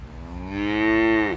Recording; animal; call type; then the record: contact call of a hoofed animal; cattle; low-frequency (closed-mouth) or high-frequency (open-mouth) call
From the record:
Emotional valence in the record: negative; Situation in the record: full separation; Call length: 1.38 s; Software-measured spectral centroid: 1570 Hz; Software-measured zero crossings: 1180 a second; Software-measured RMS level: -23 dBFS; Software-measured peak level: -9 dBFS